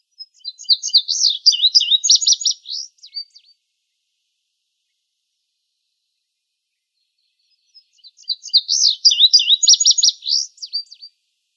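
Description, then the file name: Indigo bunting singing two high, sweet songs of quick paired notes, each about three seconds long, separated by roughly four seconds of silence. Recorded in Arizona, 18 May 2002. "INBU 4 Deviche"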